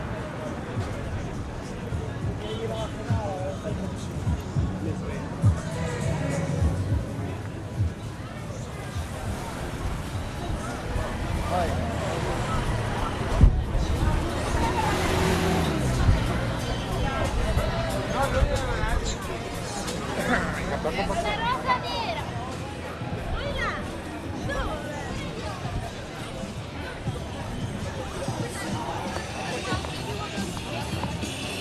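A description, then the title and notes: A busy market crowd fills the scene with overlapping voices, a dense, steady babble with talkers rising in and out. Traffic rumbles low underneath, and a sharp clatter stands out around thirteen seconds before the chatter carries on unchanged. Camden Market is a very noisy place. London Soundscape.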